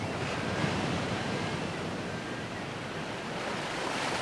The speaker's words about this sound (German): Deine Wasser sind bitter. Schöner. Die Nacht. Gut so. Rolle deine entsetzlichen Wogen.